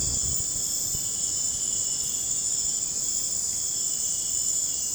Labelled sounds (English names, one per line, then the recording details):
none
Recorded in dense forest near Puerto Asís, Putumayo, Colombia, on 26 December 2024 at 00:00
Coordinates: 0.481, -76.323
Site G100